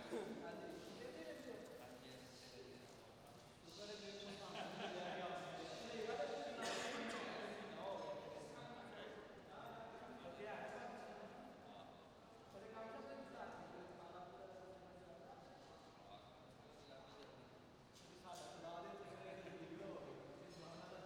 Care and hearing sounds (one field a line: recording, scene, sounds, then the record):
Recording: everyday scene through a hearing-aid microphone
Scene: reverberant space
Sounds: background noise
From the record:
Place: railway station hall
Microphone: in the ear canal, right